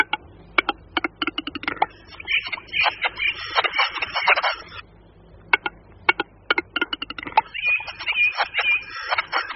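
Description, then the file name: Western capercaillie: spaced, hard clicks accelerating into a long, harsh grinding run, then a second series of clicks leading into more scraping. "Tetřev-hlušec"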